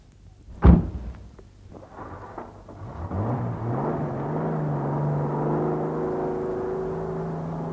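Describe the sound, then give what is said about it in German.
A single sharp door slam rings out, then a car engine rises and settles into a steady, droning hum with a low whine that carries on to the end. “Ich kam zufällig mit meinem Wagen hier vorbei”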